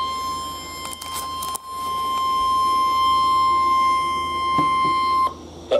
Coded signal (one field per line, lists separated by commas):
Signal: Emergency Alert System (SAME) tones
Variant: 1050 Hz attention tone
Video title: My First TORs - EAS Alerts From 7/20/2022 (EAS #49-58)